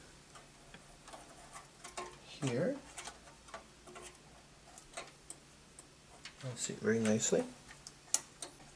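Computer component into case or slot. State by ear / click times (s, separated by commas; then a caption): seated / 8.1 s. Someone talks while a computer component is pushed into its slot inside a computer case, with small ticks and handling knocks along the way. A sharp click at 8.1 s marks the part seating home, after which it is screwed in so it stays in place.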